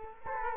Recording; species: mosquito wingbeat signal from an infrared sensor; Culex quinquefasciatus